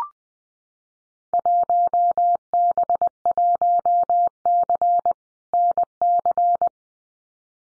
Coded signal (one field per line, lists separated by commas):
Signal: Morse code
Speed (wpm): 20 wpm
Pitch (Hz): 700 Hz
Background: none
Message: 1B1C NC